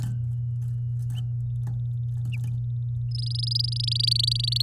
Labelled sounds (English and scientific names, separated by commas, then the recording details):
Domestic Canary (Serinus canaria) song
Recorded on 9 May 2018 at 10:15
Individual llb16